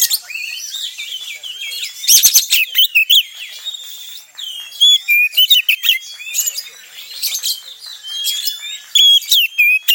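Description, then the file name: Oriental Magpie-Robin pouring out a rich song of sliding whistles, squeaky notes and loud clipped chattering bursts, nearly unbroken. Song in the tretes style, played to restore the mental condition of other songbirds. "Suara Kacer Tretes Pulihkan Mental Burung Kicauan Lainnya"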